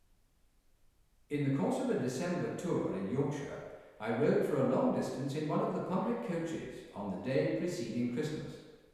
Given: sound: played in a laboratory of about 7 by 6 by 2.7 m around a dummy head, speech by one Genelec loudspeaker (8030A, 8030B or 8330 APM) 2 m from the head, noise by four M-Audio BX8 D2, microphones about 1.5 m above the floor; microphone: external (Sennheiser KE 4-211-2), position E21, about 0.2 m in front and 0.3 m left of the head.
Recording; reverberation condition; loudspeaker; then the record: male speech in English; high; 90 degrees to the right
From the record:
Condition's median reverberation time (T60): about 1300 ms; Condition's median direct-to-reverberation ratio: about -4.0 dB